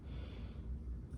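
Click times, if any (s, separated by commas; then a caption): none. The swivel detent on a Scalarworks Leap 2.0 optic mount is handled as it is turned toward its detent position, giving a steady low rumble with soft, breathy hiss for about 1.2 seconds. Nothing has seated or clicked yet.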